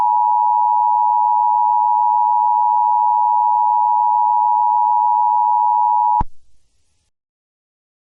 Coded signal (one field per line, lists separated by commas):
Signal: Emergency Alert System (SAME) tones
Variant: 853 and 960 Hz attention tone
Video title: First Video-An EAS Test from 1999, but......different?